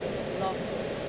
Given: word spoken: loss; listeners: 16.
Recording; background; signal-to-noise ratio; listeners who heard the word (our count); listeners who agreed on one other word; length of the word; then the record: one English word in noise, from a listening test; speech-shaped noise; -4.3 dB; 0 of 16; 16 of 16; 0.69 s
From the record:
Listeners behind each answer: 16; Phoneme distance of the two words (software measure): 7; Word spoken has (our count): 1 syllable, 3 phonemes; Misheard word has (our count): 1 syllable, 4 phonemes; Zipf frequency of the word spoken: 4.67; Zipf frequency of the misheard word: 5.42